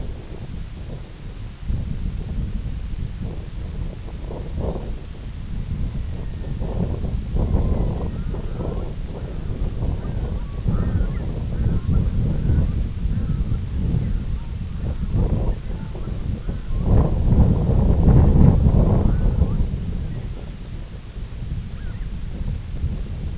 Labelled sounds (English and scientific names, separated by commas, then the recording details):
Red-throated Loon (Gavia stellata), unidentified sound
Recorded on Arctic tundra, site IGLO-F, on 18 June 2018
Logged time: 22:00